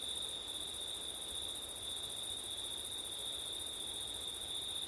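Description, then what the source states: Crickets chirring continuously at a high pitch, layered with a fainter, higher trill, against a bed of gentle wind noise. September night, with wind; ORTF stereo microphone setup.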